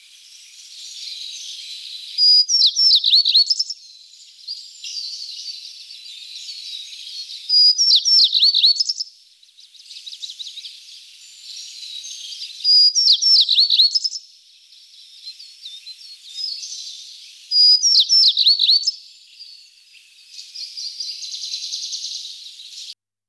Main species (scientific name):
Emberiza tristrami